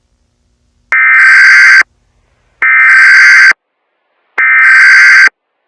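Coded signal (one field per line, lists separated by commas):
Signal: Emergency Alert System (SAME) tones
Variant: header bursts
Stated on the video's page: Mock alert using valid NWR-SAME tones.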